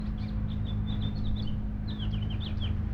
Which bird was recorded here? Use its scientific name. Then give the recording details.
Haemorhous mexicanus. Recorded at Lynbrook on Long Island, New York, on 17 June 1975. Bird A